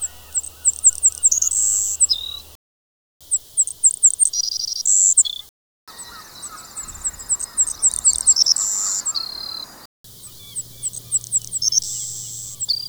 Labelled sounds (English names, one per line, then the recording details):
Savannah Sparrow song
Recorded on Kent Island, New Brunswick, in 2004